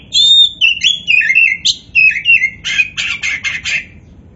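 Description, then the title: Oriental magpie-robin song: a fast run of sweet whistled notes and slurred phrases, ending in a quick burst of repeated rattling, chattery notes. Kacer poci variety, described as gacor (singing vigorously). "Kacer Poci Gacor"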